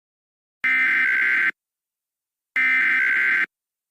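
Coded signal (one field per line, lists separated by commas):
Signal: Emergency Alert System (SAME) tones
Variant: header bursts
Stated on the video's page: Fictional EAS scenario made in Canva; the EAS tones are deliberately invalid.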